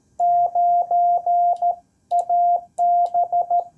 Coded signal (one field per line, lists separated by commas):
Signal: Morse code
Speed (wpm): 13 wpm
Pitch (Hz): 700 Hz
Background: none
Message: 9AB